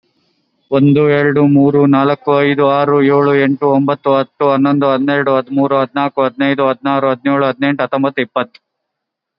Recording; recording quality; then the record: counting at a fast pace; excellent, no background noise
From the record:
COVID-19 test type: RT-PCR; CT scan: not taken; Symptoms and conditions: diabetes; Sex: male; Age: 34 years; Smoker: no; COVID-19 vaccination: both doses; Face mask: worn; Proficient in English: yes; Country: India